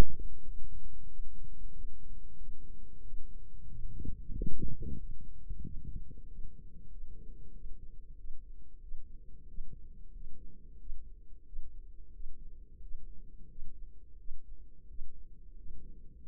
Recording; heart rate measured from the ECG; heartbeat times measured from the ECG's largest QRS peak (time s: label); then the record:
heart sounds by microphone in the right ear; 91 bpm
0.43 s: heartbeat
1.07 s: heartbeat
1.73 s: heartbeat
2.37 s: heartbeat
3.02 s: heartbeat
3.67 s: heartbeat
4.32 s: heartbeat
4.97 s: heartbeat
5.62 s: heartbeat
6.26 s: heartbeat
6.89 s: heartbeat
7.52 s: heartbeat
8.16 s: heartbeat
8.80 s: heartbeat
9.46 s: heartbeat
10.12 s: heartbeat
10.78 s: heartbeat
11.44 s: heartbeat
12.11 s: heartbeat
12.79 s: heartbeat
13.47 s: heartbeat
14.17 s: heartbeat
14.86 s: heartbeat
15.55 s: heartbeat
16.24 s: heartbeat
From the record:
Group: healthy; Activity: rest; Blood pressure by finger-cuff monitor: 132/69 mmHg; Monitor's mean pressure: 87 mmHg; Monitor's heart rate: 92 bpm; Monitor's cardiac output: 8.3 L/min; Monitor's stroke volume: 90 mL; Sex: female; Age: 32 years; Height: 172 cm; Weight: 71.7 kg